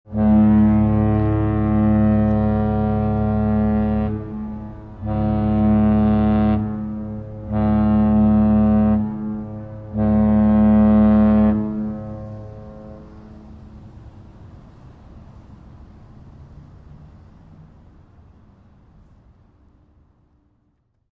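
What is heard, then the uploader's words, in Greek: A cruise ship sounds its deep, booming horn: one long blast of about four seconds, then three shorter blasts in quick succession. After the last one, the low tone echoes and slowly fades, leaving a soft rumble and faint outdoor hiss. Κρουαζιερόπλοιο.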